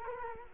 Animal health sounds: mosquito wingbeat signal from an infrared sensor; Culex quinquefasciatus

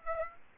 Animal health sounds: mosquito wingbeat signal from an infrared sensor; Aedes aegypti

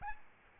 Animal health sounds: mosquito wingbeat signal from an infrared sensor; Aedes albopictus

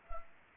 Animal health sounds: mosquito wingbeat signal from an infrared sensor; Anopheles arabiensis

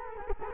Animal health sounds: mosquito wingbeat signal from an infrared sensor; Culex quinquefasciatus

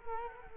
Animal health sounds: mosquito wingbeat signal from an infrared sensor; Culex quinquefasciatus

